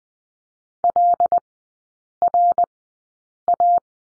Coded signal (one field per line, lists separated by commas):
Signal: Morse code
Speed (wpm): 19 wpm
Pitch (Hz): 700 Hz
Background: none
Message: LRA